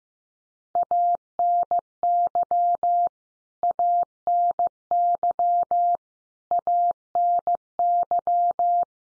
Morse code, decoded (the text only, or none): ANY ANY ANY